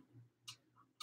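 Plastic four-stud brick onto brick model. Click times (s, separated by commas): 0.5 s, 1.0 s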